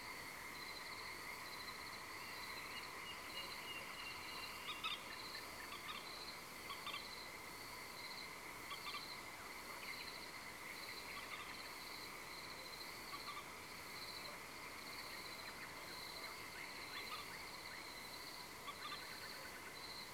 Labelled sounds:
Common Nightingale
Common Moorhen
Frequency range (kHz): Common Nightingale 1.4-3.1 kHz
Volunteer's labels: Luscinia megarhynchos megarhynchos
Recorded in France

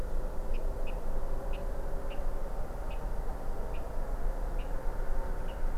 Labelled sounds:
Water Rail
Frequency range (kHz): Water Rail 1.9-5.6 kHz
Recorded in France

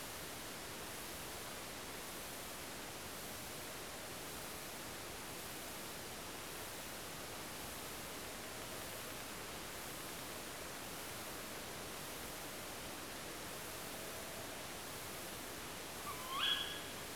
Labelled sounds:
Tawny Owl
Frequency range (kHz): Tawny Owl 1.0-3.9 kHz
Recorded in France

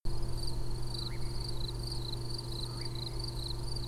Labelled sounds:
unidentified animal sound
Eurasian Nightjar
man-made sound
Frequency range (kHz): Eurasian Nightjar 1.2-2.5 kHz
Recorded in France

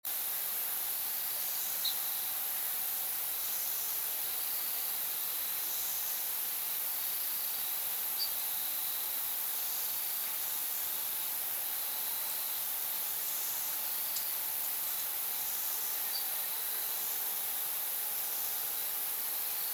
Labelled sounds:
Ortolan Bunting
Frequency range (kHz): Ortolan Bunting 3.4-5.4 kHz
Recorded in France

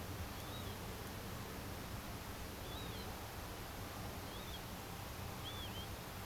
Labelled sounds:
Northern Lapwing
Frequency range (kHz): Northern Lapwing 2.4-4.5 kHz
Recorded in France

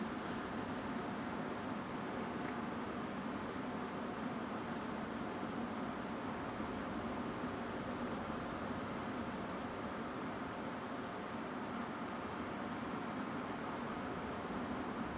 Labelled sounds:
Song Thrush
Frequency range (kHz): Song Thrush 6.5-7.6 kHz
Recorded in France

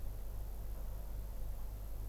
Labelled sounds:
none
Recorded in France

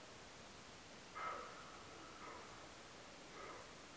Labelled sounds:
roe deer
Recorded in France

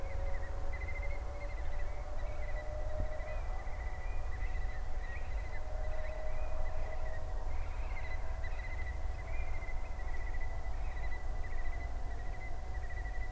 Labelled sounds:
Eurasian Stone-curlew
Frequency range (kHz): Eurasian Stone-curlew 1.6-4.5 kHz
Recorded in France

